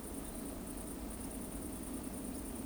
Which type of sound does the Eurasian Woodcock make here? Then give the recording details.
whistle. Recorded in Baden-Württemberg, Germany, on 25 June 2020 at 20:10 UTC. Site 14569, 102 m above sea level